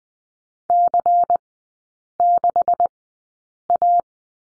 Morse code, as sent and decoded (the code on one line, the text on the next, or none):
-.-. -.... .-
C6A